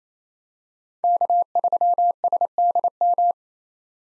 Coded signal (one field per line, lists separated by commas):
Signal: Morse code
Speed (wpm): 28 wpm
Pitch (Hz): 700 Hz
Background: none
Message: K3SDM